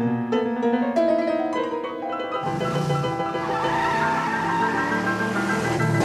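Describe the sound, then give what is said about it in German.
A car's tires squeal with a high, wavering screech, then the engine breaks into a loud, steady roar as the vehicle speeds off. No one speaks. “Folgen Sie dem Wagen! Schnell!”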